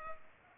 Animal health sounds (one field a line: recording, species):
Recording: mosquito wingbeat signal from an infrared sensor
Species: Culex pipiens